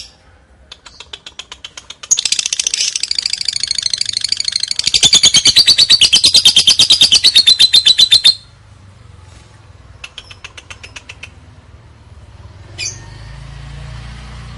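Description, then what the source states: Lovebird trill: faint ticking pulses, then a loud, fast, buzzy chattering trill for about six seconds, followed by short ticking bursts and a low hum. Lovebird ngekek, a long trilling song, used as lure song (kicau pancingan).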